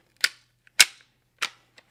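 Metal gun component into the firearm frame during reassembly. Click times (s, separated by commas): 0.8 s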